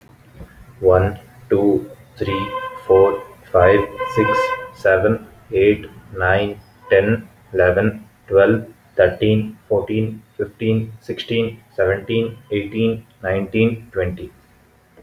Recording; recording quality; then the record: counting at a normal pace; excellent, no background noise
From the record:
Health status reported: healthy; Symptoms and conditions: none ticked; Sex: male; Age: 20 years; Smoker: not ticked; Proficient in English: yes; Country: India